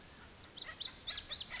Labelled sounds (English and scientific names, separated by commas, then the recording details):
Lazuli Bunting (Passerina amoena)
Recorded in Sonoma County, California